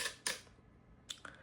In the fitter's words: and then it locks into place. So,